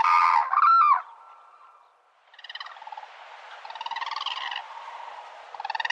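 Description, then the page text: Hooded cranes calling, two loud honks at the start, then fainter rapid, pulsing calls. "흑두루미(Hooded Crane) 接寫"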